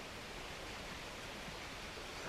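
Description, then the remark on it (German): A river flows with a slow, soft, steady foaming rush, an even hiss of moving water that holds without pause or change for the whole moment, quiet and with no voices. “Und immer hörte ich den Fluss. Sein langsames, weiches, schäumendes Rauschen.”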